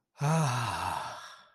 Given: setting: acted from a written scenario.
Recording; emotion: vocal sound without words; relief